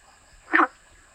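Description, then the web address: Frog giving a single short, harsh croak over a faint steady high hum. Recorded 7 July 2013. "frog rec 2013070702"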